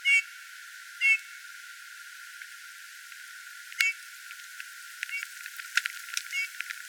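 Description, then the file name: Eurasian bullfinch with three soft, short piped whistles in the first four seconds, then scattered clicks and rustling with a fainter whistle near the end. "Pyrrhula pyrrhula"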